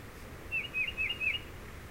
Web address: Tufted Titmouse